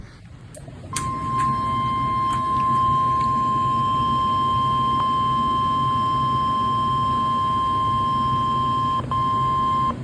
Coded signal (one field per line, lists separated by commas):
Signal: Emergency Alert System (SAME) tones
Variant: 1050 Hz attention tone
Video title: EAS #67 (SVR)